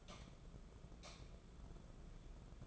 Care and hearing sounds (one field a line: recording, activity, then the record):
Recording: daily activity, microphone in the room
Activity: light on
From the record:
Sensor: 5